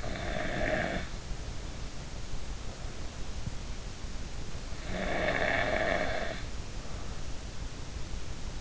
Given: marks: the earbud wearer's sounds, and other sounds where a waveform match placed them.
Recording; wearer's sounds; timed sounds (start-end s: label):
sounds in sleep by an in-ear microphone; snoring breath
0.00-1.10 s: snoring breath
4.87-6.47 s: snoring breath